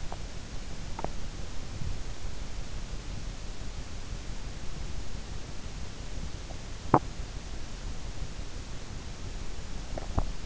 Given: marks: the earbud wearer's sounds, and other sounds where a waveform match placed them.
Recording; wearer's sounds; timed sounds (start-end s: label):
sounds in sleep by an in-ear microphone; teeth grinding
0.00-1.35 s: teeth grinding
6.38-7.16 s: teeth grinding
9.76-10.46 s: teeth grinding